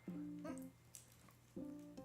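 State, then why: Not seated. A plastic arm part is pushed into the body of a MODEROID Biggus McHugeGuy (Pop Team Epic) model kit while plucked guitar music plays, with faint brief ticks and handling noise at about 0.6 and 1.0 seconds. The arm ends up fully fitted without any snap, and nothing clicks into place during the clip.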